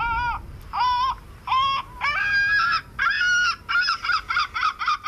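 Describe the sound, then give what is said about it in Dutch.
Lesser black-backed gull calls: a few drawn-out, nasal, mid-pitched cries that give way to a quickening run of short, loud, laughing notes, with no voices present. “En de kleine mantelmeeuw.”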